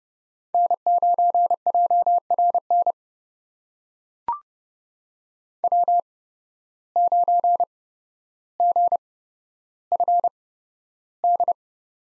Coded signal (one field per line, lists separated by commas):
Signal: Morse code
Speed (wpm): 30 wpm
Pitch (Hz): 700 Hz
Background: none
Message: N9JRN W9GFD